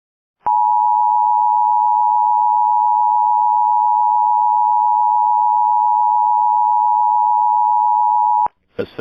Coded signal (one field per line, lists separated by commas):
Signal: Emergency Alert System (SAME) tones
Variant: 853 and 960 Hz attention tone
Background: speech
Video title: EAS RECREATION MOCK: Texas 2nd Statewide Amber Alert 2025 (VALID EAS TONES)